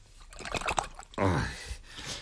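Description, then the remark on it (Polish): A few small knocks and sloshes, then a burst of water displacement as a man wearing shorts sits down into a basin filled with water and washing powder, to wash the shorts by soaking, with a falling vocal gasp over the splashing before it quiets to a low trickle. “No to niech pan siada do miednicy w spodenkach.”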